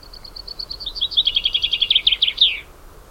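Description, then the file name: Common chaffinch song: a rapid run of high, thin notes that steps down into a louder rattling series and ends in a sharp flourish, lasting about two and a half seconds. "Fringilla coelebs"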